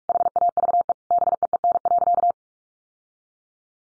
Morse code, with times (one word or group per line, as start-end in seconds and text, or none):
0.1-0.9 HAVE
1.1-2.3 BEEN.